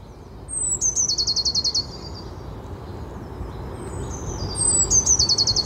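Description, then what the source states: Eurasian blue tit song: two phrases, each a high thin descending note running into a fast, even trill, about four seconds apart, over a low steady rumble. Two birds, one far and one near, apparently chattering with each other; recorded in the morning in Öxbo.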